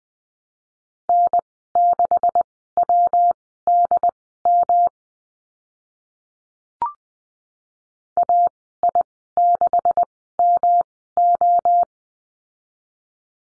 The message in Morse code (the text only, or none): N6WDM AI6MO